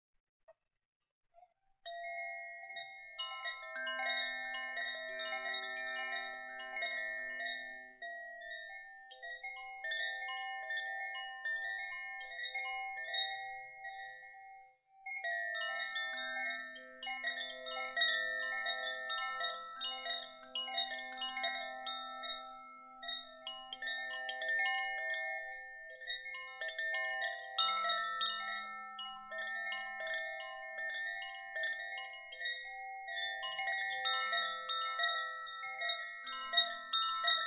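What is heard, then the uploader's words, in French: A Koshi chime rings continuously with bright, overlapping tuned tones, briefly pausing near fifteen seconds before resuming its gentle, irregular shimmering. Carillon Koshi - Element Terre. Un Carillon Koshi - Élément Terre.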